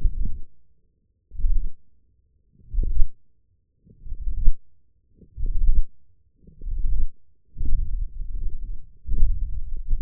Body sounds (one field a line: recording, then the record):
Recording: forearm muscle sounds (acoustic myography)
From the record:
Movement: hand closing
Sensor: system 1, eight BSWA MPA416 microphones around the upper forearm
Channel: 5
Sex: male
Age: 21 years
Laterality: right